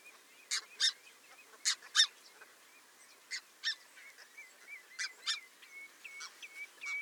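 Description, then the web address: Red-breasted goose calls: sharp, high, squeaky notes in irregular bursts, with thin, quieter chirps repeated between them. "red breasted goose. صدای-پرنده-عروس-غاز"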